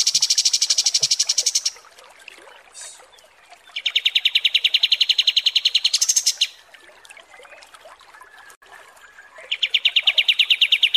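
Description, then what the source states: Kapas tembak song: repeated bursts of fast pulsed trilling, some high and some lower, separated by soft twittering gaps. Masteran (tutor recording for training cage birds) of kapas tembak song, described as 'mewah' (luxurious).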